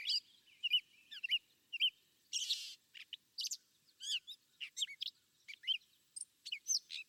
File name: Gray Catbird Call